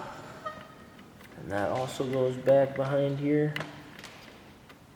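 The arm lock sensor plug on an Agras T40 drone is routed behind the drone arm during a composite cable replacement while someone talks, followed by a few faint handling ticks. The connector has not clicked into place yet.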